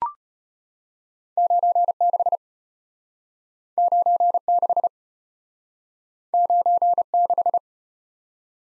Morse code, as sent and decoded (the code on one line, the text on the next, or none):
----. -.... / ----. -.... / ----. -....
96 96 96